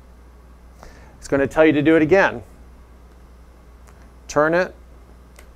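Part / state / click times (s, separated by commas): calibration sleeve on an intraoral scanner camera head / seated / 5.4 s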